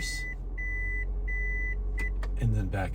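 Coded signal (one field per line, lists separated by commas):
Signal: none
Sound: car's reverse setting confirmation beeps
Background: speech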